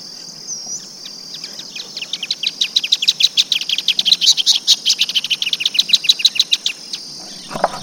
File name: Band tailed hornero